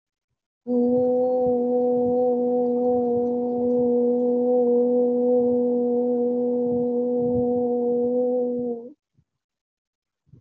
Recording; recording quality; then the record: sustained vowel as in boot; excellent, no background noise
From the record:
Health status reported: healthy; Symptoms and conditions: none ticked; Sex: female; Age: 56 years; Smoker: not ticked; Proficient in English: yes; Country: India